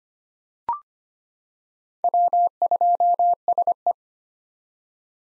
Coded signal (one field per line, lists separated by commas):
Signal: Morse code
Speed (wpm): 25 wpm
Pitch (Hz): 700 Hz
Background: none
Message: W2SE